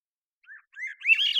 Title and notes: BIRDSong Thrushes And Allies - Swainson's Thrush. long take of a single male Swainson's Thrush singing, natural pace and rhythm maintained, cleanly processed from parabolic recording Recorded in the beautiful Pacific Northwest, Washington, United States